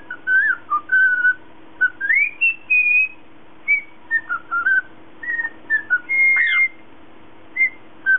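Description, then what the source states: Cockatiel whistling a series of short clear notes and upward slides, with one sharp rising sweep near the end, over a steady low hum. Lutino colour variety.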